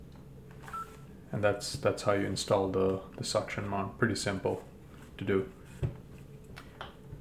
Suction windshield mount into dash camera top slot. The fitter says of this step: slide it and it'll uh it'll lock into place